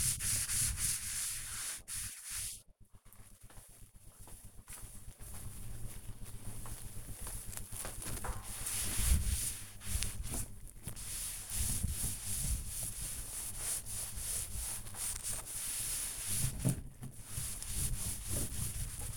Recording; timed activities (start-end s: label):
household activities, microphone on the right wrist
0.00-19.17 s: cleaning table